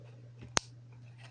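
A slim credit card is slid under a plastic key cap on a Xiaomi laptop's keyboard scissor mechanism and pushed up until one corner clip releases. A single sharp click at 0.6 s stands out over a steady low hum. The clip clicks loose and releases.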